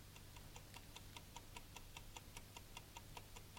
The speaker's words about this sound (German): Und mit einem Male hören wir das Ticken der Uhr, die man zur Feststellung der Zugzeit auf den Tisch gestellt hat.